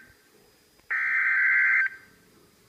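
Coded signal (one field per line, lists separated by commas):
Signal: Emergency Alert System (SAME) tones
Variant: header bursts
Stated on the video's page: Live stream of a NOAA weather radio severe thunderstorm warning issued by the Chicago forecast office.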